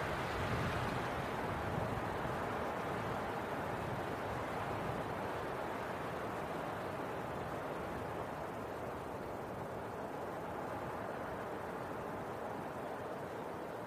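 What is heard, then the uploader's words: A winter wind storm roars steadily, a dense low rumble filling the whole clip without pause. The gusts swell slightly in the first seconds, then settle into an even, heavy rush with a duller, muffled top and no distinct events. Winter Wind Storm.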